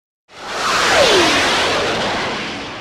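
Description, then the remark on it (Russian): A loud, sustained hiss from a blast outside, which comes with a very bright flash, bursts in abruptly after a brief silence. It is a broad rushing noise that holds steady for a couple of seconds, with a faint falling whistle inside it, then slowly eases. “Я ожидал ужасающего грохота, но снаружи всего лишь громко шикнуло.”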